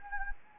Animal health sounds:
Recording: mosquito wingbeat signal from an infrared sensor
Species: Anopheles gambiae

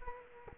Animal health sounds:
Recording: mosquito wingbeat signal from an infrared sensor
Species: Culex quinquefasciatus

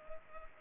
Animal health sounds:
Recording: mosquito wingbeat signal from an infrared sensor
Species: Culex pipiens

